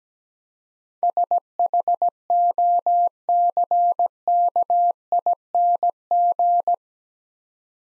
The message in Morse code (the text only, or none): SHOCKING